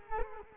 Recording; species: mosquito wingbeat signal from an infrared sensor; Culex quinquefasciatus